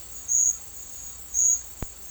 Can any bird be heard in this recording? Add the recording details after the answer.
no. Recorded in secondary vegetation near Puerto Asís, Putumayo, Colombia, on 8 March 2025 at 13:30. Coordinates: 0.499, -76.323. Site G094